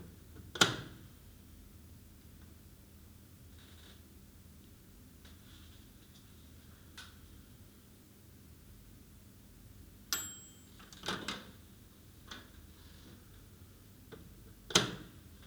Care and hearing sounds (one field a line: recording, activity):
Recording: daily activity, guitar pickup as the sensor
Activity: use microwave